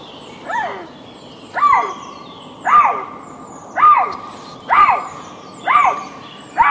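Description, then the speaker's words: Eurasian lynx female calling, seven short wailing cries repeated about once a second. Female lynx calling in snow in the Jura; she came by the lower path and settled about 60 to 80 metres from the recordist before calling. "C'est vous qui avez enregistré les cris de cette femelle lynx que l'on entend derrière nous."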